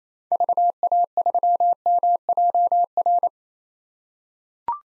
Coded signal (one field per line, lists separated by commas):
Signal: Morse code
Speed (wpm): 28 wpm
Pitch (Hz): 700 Hz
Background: none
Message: VA3MJR